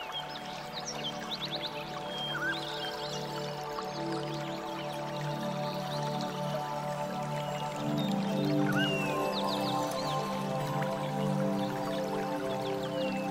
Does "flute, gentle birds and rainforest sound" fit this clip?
yes